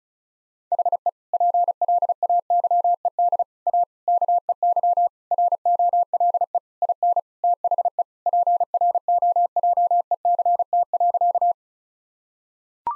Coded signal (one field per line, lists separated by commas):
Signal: Morse code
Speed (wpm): 36 wpm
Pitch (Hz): 700 Hz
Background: none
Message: HE PLAYED A KEY ROLE IN THE PROJECT.